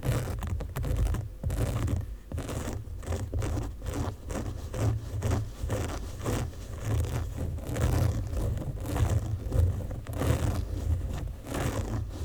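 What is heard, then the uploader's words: Pages of a book are handled and turned, giving a dense run of papery rustles and scrapes that come quickly, roughly one or two each second. A steady low rumble sits beneath throughout, and the activity stays fairly even across the twelve seconds. ASMR Book Sounds.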